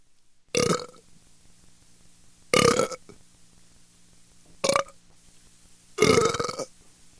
Daily life man hiccup sound effect.